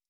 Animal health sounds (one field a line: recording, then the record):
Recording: hydrophone in a shrimp aquaculture tank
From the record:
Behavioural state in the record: stressed